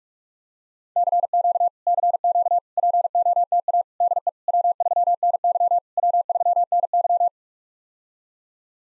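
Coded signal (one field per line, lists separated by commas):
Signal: Morse code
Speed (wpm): 44 wpm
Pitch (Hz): 700 Hz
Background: none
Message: CQ CQ POTA DE W3NY W3NY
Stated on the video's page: Morse practice of POTA contact exchanges at 45 wpm, each sent in Morse, then spoken, then sent again.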